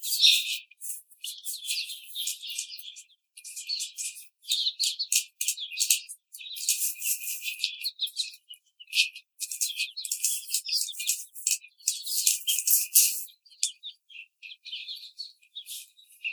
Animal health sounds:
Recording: young laying hens in a cage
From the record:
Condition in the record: treatment cage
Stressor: simulated dog barking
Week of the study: 5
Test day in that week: 1

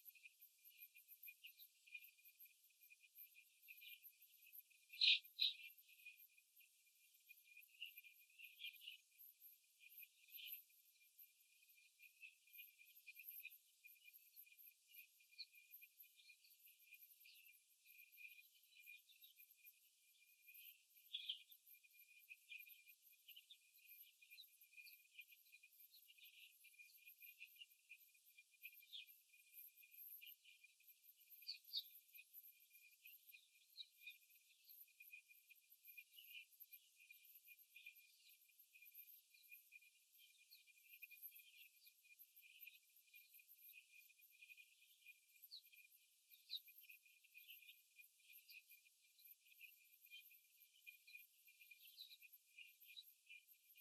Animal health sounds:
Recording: young laying hens in a cage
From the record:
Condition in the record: after the stressor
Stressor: simulated dog barking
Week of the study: 3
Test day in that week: 2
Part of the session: 1

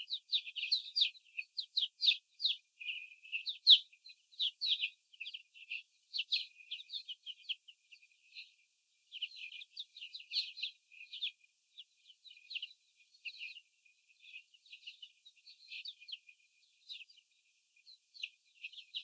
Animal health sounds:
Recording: young laying hens in a cage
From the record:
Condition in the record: after the stressor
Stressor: sudden umbrella opening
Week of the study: 3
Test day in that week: 2

